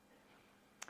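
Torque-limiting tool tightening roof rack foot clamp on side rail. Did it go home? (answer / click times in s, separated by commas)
yes / 0.8 s, 0.9 s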